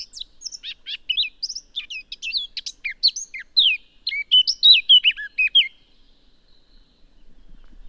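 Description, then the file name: Eurasian blackcap song, a fast, tumbling stream of high, scratchy and sweet notes lasting about six seconds, then quiet. "Sylvia atricapilla"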